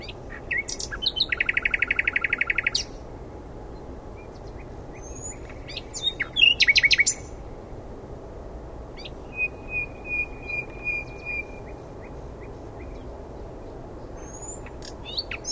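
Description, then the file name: Common nightingale singing a fast buzzing trill, then a second short rattling burst, later soft scattered notes and a thin whistled phrase, with long quiet gaps between phrases. "Luscinia megarhynchos"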